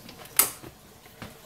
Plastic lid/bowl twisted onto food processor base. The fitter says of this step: ninja food processor turn it till it clicks turn it on